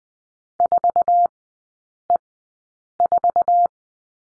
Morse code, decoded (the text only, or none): 4E4